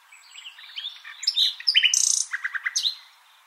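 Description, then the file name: Common nightingale delivering a complex phrase: soft twittering builds into loud piping notes, a fast rattle, then evenly spaced staccato chips. "Luscinia megarhynchos"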